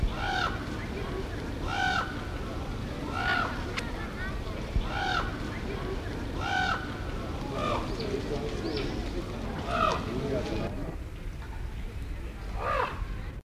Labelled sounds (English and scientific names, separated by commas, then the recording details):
White-necked Raven (Corvus albicollis) call
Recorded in captivity
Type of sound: call
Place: Zoo Münster, Nordrhein-Westfalen, DE
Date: 1974-10-20
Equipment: Halbspur, 9,5 cm/s
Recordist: Lütgens, Hans
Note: Rufe